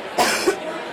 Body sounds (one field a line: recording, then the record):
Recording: coughing mixed with background sound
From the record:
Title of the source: 61 morning phlegmy cough...again